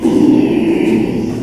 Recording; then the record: squeal of a Yucatan mini pig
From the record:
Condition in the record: after surgery on the right vocal fold (resection and tissue-engineered implant); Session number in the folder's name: 1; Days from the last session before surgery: 6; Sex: male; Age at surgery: 12 weeks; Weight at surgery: 13 kg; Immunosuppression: cyclosporine, prednisolone